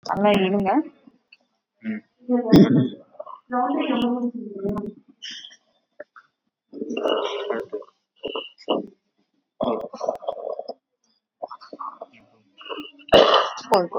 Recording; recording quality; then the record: deep breathing; poor, much background noise or distortion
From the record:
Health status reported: exposed to COVID-19, no respiratory illness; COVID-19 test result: negative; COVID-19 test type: RT-PCR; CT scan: taken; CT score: 5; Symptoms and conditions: cough, cold, breathing difficulty, fever, hypertension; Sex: male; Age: 60 years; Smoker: no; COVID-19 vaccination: both doses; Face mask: not worn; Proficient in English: no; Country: India